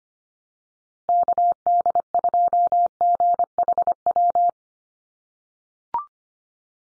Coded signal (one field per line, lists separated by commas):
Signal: Morse code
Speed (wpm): 25 wpm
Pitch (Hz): 700 Hz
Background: none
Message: KD2GHW